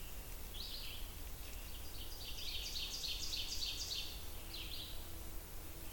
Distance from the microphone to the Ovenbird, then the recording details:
about 75 m. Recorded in boreal forest in Alberta, Canada, on 29 June 2016 at 06:53. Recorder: SongMeter 3, array SBT-6-79. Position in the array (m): 16 m, 117 m. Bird 40